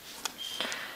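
The second, harder retaining tab of an accessory is worked over the edge of a braille notetaker and snaps on with a short, sharp click at 0.3 s. A thin high tone and a softer broadband sound around 0.6 s follow. The tab is confirmed seated.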